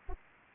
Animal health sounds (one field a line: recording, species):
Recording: mosquito wingbeat signal from an infrared sensor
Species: Anopheles arabiensis